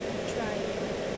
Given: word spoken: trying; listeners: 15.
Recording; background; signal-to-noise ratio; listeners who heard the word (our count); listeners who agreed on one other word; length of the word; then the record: one English word in noise, from a listening test; speech-shaped noise; -6.6 dB; 4 of 15; 8 of 15; 0.77 s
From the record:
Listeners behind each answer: 8, 4, 1, 1, 1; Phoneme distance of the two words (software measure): 27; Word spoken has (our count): 2 syllables, 5 phonemes, stress on syllable 1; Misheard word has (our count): 1 syllable, 4 phonemes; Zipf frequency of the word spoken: 5.57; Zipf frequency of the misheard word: 4.98